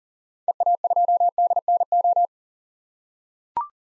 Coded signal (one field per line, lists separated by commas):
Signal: Morse code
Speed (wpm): 40 wpm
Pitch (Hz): 700 Hz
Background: none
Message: EA2DNO